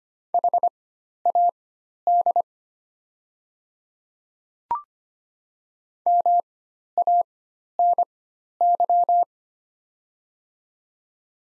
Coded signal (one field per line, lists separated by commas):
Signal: Morse code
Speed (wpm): 25 wpm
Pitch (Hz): 700 Hz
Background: none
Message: HAD MANY